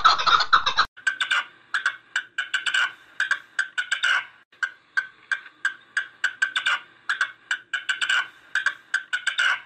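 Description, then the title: Partridge song: rapid, harsh clicking notes repeated several times a second in uneven bursts, after a brief loud, dense rasping opening of about one second. "Perdiz Cantando"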